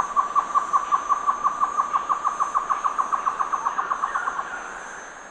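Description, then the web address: Great antshrike duet: a rapid, even run of hollow hooting notes that fades out at the end, with a slurred, slightly higher run. Duet, eastern lowlands of South America. "Natures Songs S America Eastern Lowlands. Taraba major, duet"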